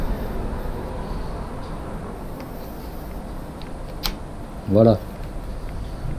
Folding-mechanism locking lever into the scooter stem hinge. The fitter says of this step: là ça s'emboîte bien